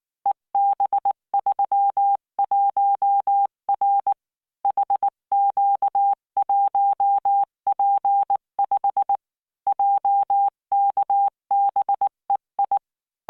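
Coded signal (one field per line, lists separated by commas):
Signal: Morse code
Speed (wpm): 19 wpm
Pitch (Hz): 800 Hz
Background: none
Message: EB31R HQ1P5 JKBEI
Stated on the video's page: Morse practice at 19 wpm with standard spacing, generated by the LearningMorse training software.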